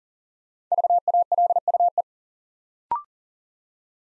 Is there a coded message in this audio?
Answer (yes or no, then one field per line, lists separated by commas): yes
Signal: Morse code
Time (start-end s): 0.7-2.0 s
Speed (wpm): 40 wpm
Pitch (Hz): 700 Hz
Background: none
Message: VALUE